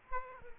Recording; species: mosquito wingbeat signal from an infrared sensor; Aedes aegypti